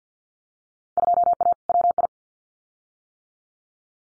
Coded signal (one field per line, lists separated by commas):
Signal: Morse code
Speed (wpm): 50 wpm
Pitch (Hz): 700 Hz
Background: none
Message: 2A WI